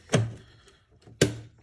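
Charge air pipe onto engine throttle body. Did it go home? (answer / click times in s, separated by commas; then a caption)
yes / 1.2 s. On a BMW X5 E70, the plastic charge air pipe is pushed onto the engine's throttle body until its retaining clip snaps in. A sharp knock sounds at about 0.1 s, then the louder, crisp click comes at 1.2 s. The pipe is seated on the throttle body.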